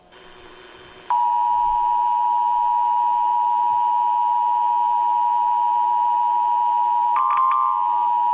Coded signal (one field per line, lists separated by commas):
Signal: Emergency Alert System (SAME) tones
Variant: 853 and 960 Hz attention tone